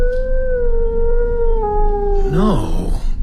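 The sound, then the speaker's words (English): A single long, mournful dog howl holds a steady tone that slowly sinks in pitch, then breaks into a brief wavering warble at the end, over a low rumbling background. “Sound like a howl. One of those damned sheepdogs lost on the moor, probably.”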